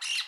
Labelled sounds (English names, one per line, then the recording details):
Brown-throated Parakeet contact call
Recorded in Curacao
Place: Hoffi Jan Thiel
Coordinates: 12.094, -68.877